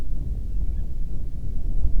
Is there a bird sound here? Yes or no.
no